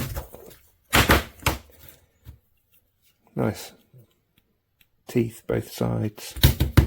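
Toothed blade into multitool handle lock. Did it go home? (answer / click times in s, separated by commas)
no / none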